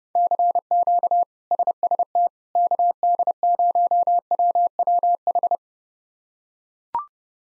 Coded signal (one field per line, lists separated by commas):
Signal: Morse code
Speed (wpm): 30 wpm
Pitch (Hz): 700 Hz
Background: none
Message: CQ SST KD0WWH